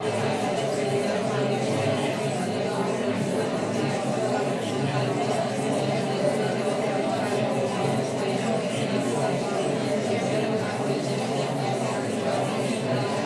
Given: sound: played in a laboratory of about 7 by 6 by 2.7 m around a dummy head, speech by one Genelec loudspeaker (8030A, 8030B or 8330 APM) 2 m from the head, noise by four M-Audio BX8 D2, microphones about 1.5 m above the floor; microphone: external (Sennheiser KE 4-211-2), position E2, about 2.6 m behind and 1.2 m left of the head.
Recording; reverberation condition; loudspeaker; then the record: babble noise; medium; four, about 170 cm from the corners of the room and facing them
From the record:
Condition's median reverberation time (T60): about 510 ms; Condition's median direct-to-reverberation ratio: about -0.5 dB